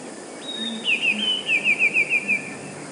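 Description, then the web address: Eurasian blue tit song: thin high opening note, then a steady series of short descending notes, about eight, ending the phrase. "wroblowe teka 2 spiew. wroblowe teka modraszkoteka"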